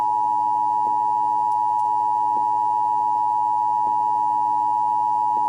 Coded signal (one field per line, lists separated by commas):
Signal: Emergency Alert System (SAME) tones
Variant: 853 and 960 Hz attention tone